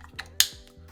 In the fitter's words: F550 here this is like the smaller model it clicks